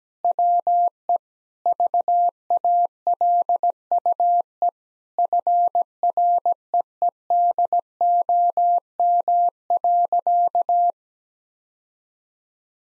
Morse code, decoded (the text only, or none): WE VALUE FREEDOM.